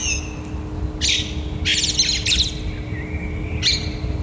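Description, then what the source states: Common blackbird calls: harsh, scratchy chacks in short bursts, some doubled, unevenly spaced, with a faint rising thin whistle and a steady low hum behind. Recorded in the morning.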